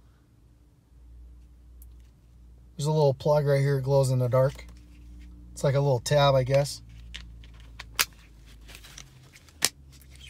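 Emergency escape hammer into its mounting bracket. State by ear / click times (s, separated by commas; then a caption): seated / 9.7 s. A plastic emergency window-breaker hammer is pushed into its plastic mounting bracket in a car while someone talks. A few light clicks and handling taps follow the speech, then a sharp snap at 9.6 s as the hammer seats in the bracket.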